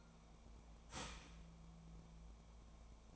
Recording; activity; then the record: daily activity, microphone in the room; start toaster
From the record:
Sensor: 1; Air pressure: 1000.3 hPa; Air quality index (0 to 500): 156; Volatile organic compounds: 3 ppm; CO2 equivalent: 1461 ppm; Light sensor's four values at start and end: 30/75/31/38 and 30/75/31/38